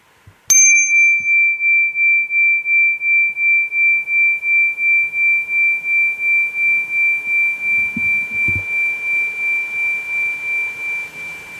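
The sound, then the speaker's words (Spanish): A gong is struck once right beside the microphone, sending out a bright, high, sustained ring that wavers in a steady pulsing shimmer and fades very slowly over about eleven seconds, with no talking. “El del gong, pero hacelo bien al lado del micrófono ese.”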